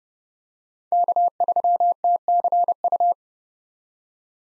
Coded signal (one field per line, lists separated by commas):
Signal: Morse code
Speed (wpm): 30 wpm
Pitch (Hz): 700 Hz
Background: none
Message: K3TCU